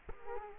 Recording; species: mosquito wingbeat signal from an infrared sensor; Culex quinquefasciatus